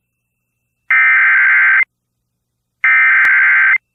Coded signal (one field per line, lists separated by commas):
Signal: Emergency Alert System (SAME) tones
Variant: header bursts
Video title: EAS #2 Severe Thunderstorm Warning for Hudspeth County